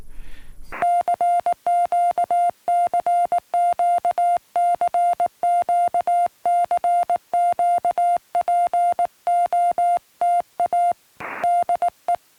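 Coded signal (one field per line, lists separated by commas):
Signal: Morse code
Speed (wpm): 18 wpm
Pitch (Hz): 700 Hz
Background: music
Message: CQ CQ CQ CQ POTA DE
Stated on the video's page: Restored recording of a park activation.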